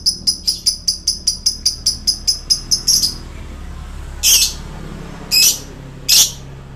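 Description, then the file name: Lovebird: a quick series of evenly spaced high clicking notes, then three separate loud, rasping squawks about a second apart. Male lovebird, described as 'gacor'. "suara lovebird jantan gacor"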